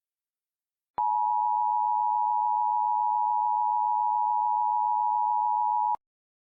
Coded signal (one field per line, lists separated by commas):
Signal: Emergency Alert System (SAME) tones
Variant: 853 and 960 Hz attention tone